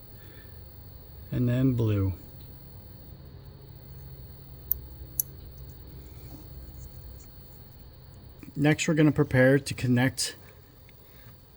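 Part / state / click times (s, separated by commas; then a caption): wire harness connector into module plug / seated / 4.7 s, 5.2 s. A blue plastic wire harness connector is plugged into the module plug for a BMW X5 laser headlight install. Someone talks briefly, then two sharp snaps at 4.7 s and 5.2 s show it seating fully. Someone talks again afterward.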